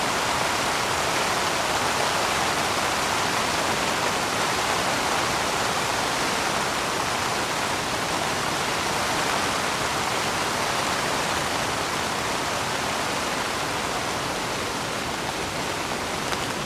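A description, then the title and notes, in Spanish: Soft rain patters on a tent canvas in a dense, unbroken hiss that holds steady for the whole stretch. The sound is full and even, brighter in the upper range, with no distinct drops, pauses or other noises standing out. Lluvia Suave en la Tienda. El suave golpeteo de la lluvia en la lona. Este suave ruido de la lluvia, capturado en audio 3D de alta calidad, te lleva al corazón de un tranquilo y remoto lugar en el campo.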